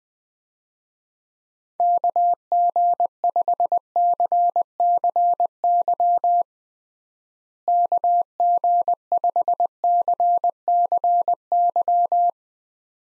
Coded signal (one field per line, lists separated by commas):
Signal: Morse code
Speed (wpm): 20 wpm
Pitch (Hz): 700 Hz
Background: none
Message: KG5CCY KG5CCY